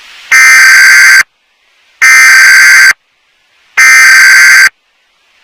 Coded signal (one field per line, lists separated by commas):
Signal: Emergency Alert System (SAME) tones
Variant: header bursts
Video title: EAS Scenario: Trouble In Motown